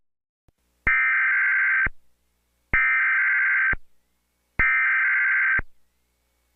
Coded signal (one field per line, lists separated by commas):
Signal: Emergency Alert System (SAME) tones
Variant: header bursts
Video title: EAS During Santiago of the Seas (November 18 2024)